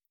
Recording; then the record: hydrophone in a shrimp aquaculture tank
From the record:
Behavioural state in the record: feeding